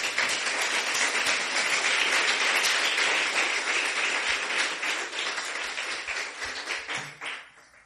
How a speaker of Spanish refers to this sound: Dale un aplauso al Señor, hermano.